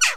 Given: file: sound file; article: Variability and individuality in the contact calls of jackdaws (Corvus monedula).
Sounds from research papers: jackdaw call; noisy

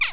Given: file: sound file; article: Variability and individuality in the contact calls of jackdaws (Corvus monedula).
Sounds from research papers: jackdaw call; harmonic

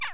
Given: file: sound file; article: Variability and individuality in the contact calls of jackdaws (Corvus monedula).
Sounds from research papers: jackdaw call; harmonic

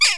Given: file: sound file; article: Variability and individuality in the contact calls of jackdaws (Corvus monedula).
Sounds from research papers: jackdaw call; harmonic

